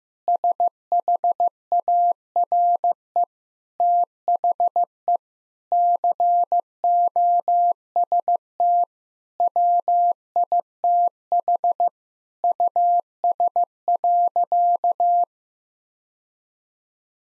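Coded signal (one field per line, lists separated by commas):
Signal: Morse code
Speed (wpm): 15 wpm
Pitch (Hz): 700 Hz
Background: none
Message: SHARE THE COST WITH US.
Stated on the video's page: Morse code head-copy practice of sentences built from the top 1000 words, sent at 15 wpm, then repeated.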